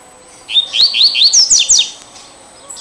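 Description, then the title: Double-collared seedeater song, a fast series of bright upslurred notes, then steeper downward slurs at the end. "Canto Coleiro"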